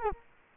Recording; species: mosquito wingbeat signal from an infrared sensor; Culex quinquefasciatus